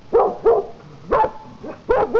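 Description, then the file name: Dog giving short, sharp barks in pairs and singles with brief gaps between them, over a faint steady hum. "DGSBRKNG"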